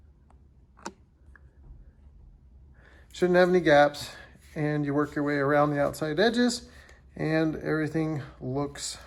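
The polycarbonate/TPU front frame of a Supcase UB Pro rugged case is pressed onto its back shell around a Tab S7 tablet, working from one end to the other. Sharp snaps are heard at 0.3, 0.9 and 1.4 seconds, then someone talks. The case halves are seated with no gaps and a good fit.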